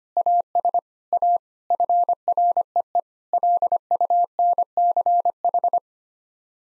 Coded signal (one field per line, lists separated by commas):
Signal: Morse code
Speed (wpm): 25 wpm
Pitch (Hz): 700 Hz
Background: none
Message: AS A FREE LUNCH